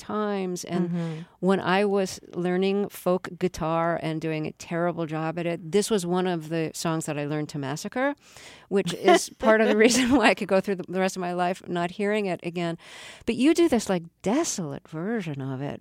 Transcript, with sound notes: And when I was learning folk guitar and doing a terrible job at it, this was one of the songs that I learned to massacre, which is...
(Soundbite of laughter)
...part of the reason why I could go through the rest of my life not hearing it again. But you do this like desolate version of it